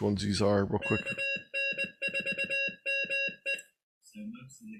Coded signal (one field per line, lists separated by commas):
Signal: Morse code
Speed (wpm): 20 wpm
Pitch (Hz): 2750 Hz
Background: speech, music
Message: KN4ME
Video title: K1USN Radio Club Zoom Mtg 6-8-21: SDR Radios - K8ZT